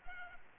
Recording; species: mosquito wingbeat signal from an infrared sensor; Anopheles arabiensis